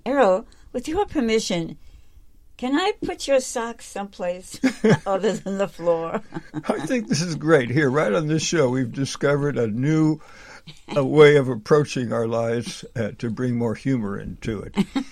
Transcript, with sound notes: "Errol, with your permission, can I put your socks someplace-"
(laughs)
"... other than the floor?" (laughs)
I think this is great. Here, right on this show, we've discovered a new-
(laughs)
... uh, way of approaching our lives, uh, to bring more humor into it.